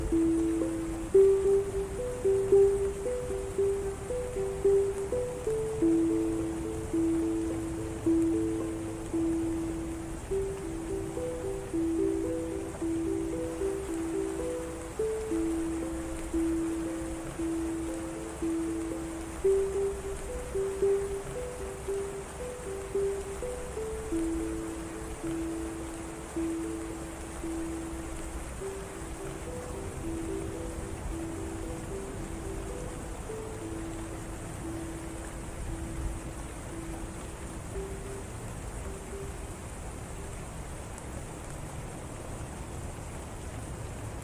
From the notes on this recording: the sound of the ukulele and the rain